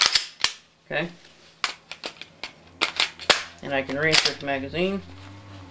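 A gloved hand handles a pistol magazine and pushes it back into the pistol grip, making a series of short, sharp clicks and handling knocks while someone talks. The magazine is handled but not yet home, and nothing has seated or clicked into place yet.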